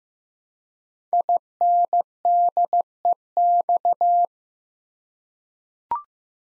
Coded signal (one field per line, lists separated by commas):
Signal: Morse code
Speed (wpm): 15 wpm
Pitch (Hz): 700 Hz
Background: none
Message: INDEX